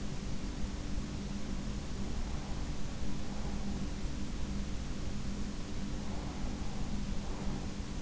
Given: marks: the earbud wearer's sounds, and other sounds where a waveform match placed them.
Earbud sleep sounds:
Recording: sounds in sleep by an in-ear microphone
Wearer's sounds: breath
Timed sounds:
2.08-3.80 s: breath
5.80-8.02 s: breath

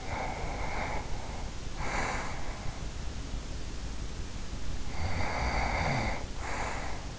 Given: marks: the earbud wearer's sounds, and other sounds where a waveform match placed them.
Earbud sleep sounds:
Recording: sounds in sleep by an in-ear microphone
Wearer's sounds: breath, snoring breath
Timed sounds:
0.01-2.87 s: breath
4.85-7.19 s: snoring breath

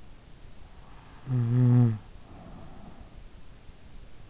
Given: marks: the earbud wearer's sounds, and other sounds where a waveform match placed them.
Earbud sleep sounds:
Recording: sounds in sleep by an in-ear microphone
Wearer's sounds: snoring breath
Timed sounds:
1.16-3.25 s: snoring breath

